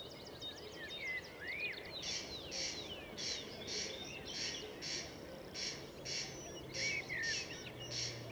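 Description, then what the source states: Corn crake's rasping double notes start after a couple of seconds and repeat evenly, mixed with twittering and whistled calls of other birds. Recorded at Murnauer Moos, Germany, on 29 May 2014.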